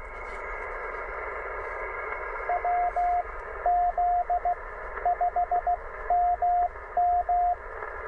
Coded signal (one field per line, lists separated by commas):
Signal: Morse code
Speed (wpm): 15 wpm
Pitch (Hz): 710 Hz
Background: radio noise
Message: WZ5MM